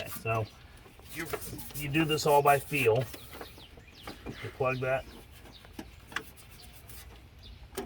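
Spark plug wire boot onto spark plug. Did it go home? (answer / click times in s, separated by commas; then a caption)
yes / 6.2 s. Someone talks while pushing a spark plug wire boot by feel onto the spark plug terminal in the engine bay of a Dodge Ram. Small taps and clicks follow, then a sharp pop at 6.2 s as the boot seats onto the plug.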